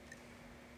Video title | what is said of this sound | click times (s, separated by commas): Dr. Theodore Belfor's OrthoBlock™ Appliance | snaps right into place. | 0.1 s